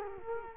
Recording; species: mosquito wingbeat signal from an infrared sensor; Culex quinquefasciatus